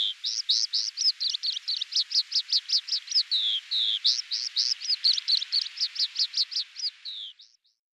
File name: Oriental Skylark